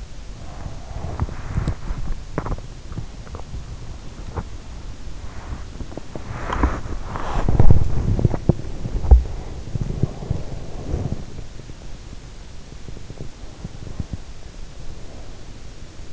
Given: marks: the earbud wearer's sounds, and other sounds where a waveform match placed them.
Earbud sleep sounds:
sounds in sleep by an in-ear microphone; body movement
0.00-16.13 s: body movement

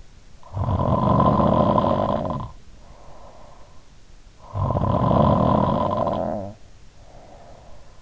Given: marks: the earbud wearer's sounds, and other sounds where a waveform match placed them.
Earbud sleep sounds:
sounds in sleep by an in-ear microphone; snoring breath
0.33-3.65 s: snoring breath
4.33-8.02 s: snoring breath

